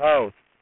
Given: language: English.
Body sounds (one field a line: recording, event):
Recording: throat vibration sensor signal played as sound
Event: speech